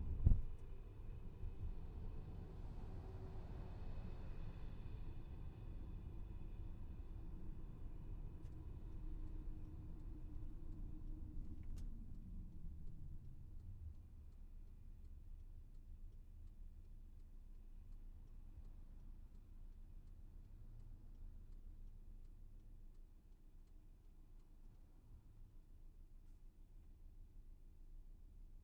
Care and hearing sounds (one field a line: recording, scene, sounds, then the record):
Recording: everyday scene through a hearing-aid microphone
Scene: in a vehicle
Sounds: engine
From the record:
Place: VW T5 Caravelle, diesel engine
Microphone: behind the ear, left, front